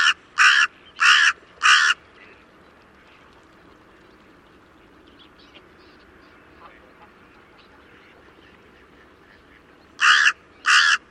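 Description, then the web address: Bird gives four quick harsh caws in a row, falls silent for about eight seconds, then calls twice more. "cianscape. Deverinetal 2025. Bird Only"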